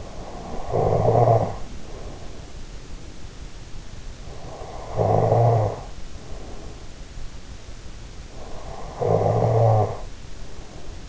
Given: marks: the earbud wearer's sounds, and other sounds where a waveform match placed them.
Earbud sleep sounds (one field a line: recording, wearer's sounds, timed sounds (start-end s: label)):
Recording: sounds in sleep by an in-ear microphone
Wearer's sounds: snoring breath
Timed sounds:
0.00-2.78 s: snoring breath
4.26-7.04 s: snoring breath
8.24-11.08 s: snoring breath